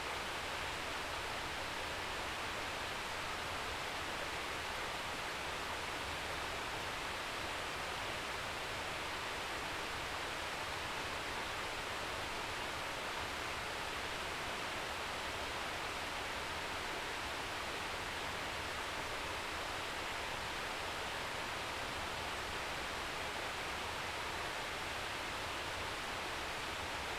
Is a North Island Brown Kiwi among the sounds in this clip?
no